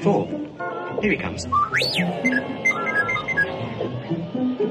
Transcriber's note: beeping and whistling